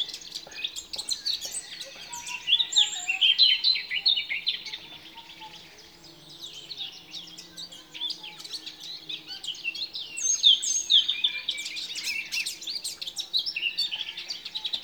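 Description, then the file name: Eurasian blackcap warbling in a fast, dense stream of high chattering and whistled notes, in two busy bursts with a quieter gap between them. "Sylvia atricapilla"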